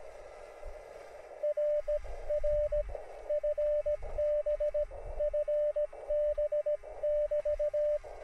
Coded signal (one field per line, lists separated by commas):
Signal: Morse code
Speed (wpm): 17 wpm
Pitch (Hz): 600 Hz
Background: radio noise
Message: RR FB FB <BT>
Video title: HAM Radio Drone Antenna.